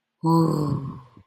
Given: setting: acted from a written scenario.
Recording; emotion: vocal sound without words; awe